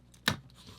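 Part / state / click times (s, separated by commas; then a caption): plastic ball joint into socket piece / not seated / none. A plastic ball joint is pushed into its socket piece on a LEGO K-2SO Security Droid build. A faint tick at 0.1 s, a short, sharp, broadband plastic knock at 0.3 s and another faint tick at 0.5 s are heard. The joint fails to snap in, and nothing has seated or clicked yet.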